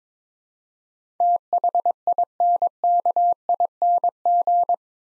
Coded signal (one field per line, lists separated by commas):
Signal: Morse code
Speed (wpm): 22 wpm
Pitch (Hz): 700 Hz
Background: none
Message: THINKING